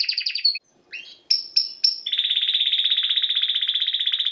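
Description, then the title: Domestic canary song: a quick trill, brief pause, a few sharp notes, then a long steady rapid trill held to the end. Belgian canary male singing a lot; used for training to warm up young birds. "Canary Training Esquente Seu Filhote E Canario Belga Macho Cantando Muito"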